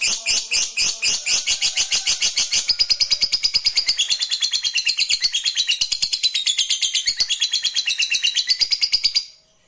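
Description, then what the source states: Lovebird starting with spaced harsh chirps that speed into a long, dense, shrill trill before ending abruptly. Fighter lovebird giving ngekek panjang, a long ngekek.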